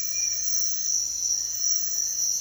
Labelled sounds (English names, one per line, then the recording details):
none
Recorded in dense forest near Puerto Asís, Putumayo, Colombia, on 22 June 2025 at 05:00
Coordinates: 0.468, -76.322
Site GP03